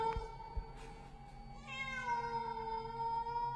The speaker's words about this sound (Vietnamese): Thằng Tuất còn đang lim dim mắt để nhìn xem, thì hắn nhìn thấy vật mềm mềm ấy mở đôi mắt xanh lè lè, rít lên một tiếng meo, làm cho hắn rợn cả người.